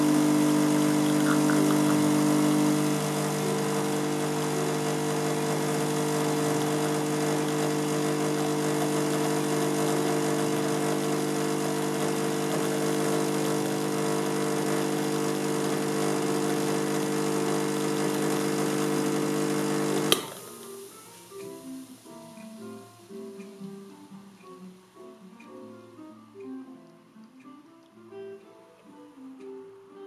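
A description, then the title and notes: An espresso machine's pump drones loudly and steadily through a bottomless portafilter for about twenty seconds, a low buzzing hum with a bright hiss over it. It cuts off abruptly with a click, leaving quieter scattered drips and soft gurgles. Espresso bottomless portafilter.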